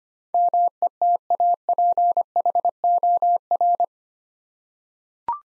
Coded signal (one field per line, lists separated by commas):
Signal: Morse code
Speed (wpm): 25 wpm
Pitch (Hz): 700 Hz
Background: none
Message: METAPHOR